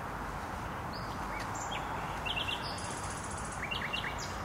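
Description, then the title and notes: Nightingale song: scattered short whistled notes and a fast high rattling trill, heard through constant loud roaring traffic noise. Singing in bushes close to a noisy motorway, Trasa Toruńska, Bródno-Podgrodzie, Warsaw, Poland; recorded with an Olympus LS-11. "Bródno-Podgrodzie, Warszawa, Polska - Trasa Toruńska Nightingale. Recording nightingale singing in bushes close to noisy motorway"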